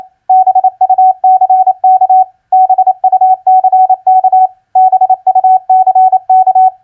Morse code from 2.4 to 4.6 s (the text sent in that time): BUCK